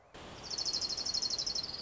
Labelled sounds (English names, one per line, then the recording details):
Orange-crowned Warbler
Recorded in Sonoma County, California